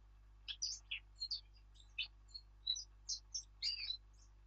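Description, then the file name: Eurasian blackcap singing a quick, varied warble of short high chirps and squeaky notes over a faint low hum. "Sylvia atricapilla"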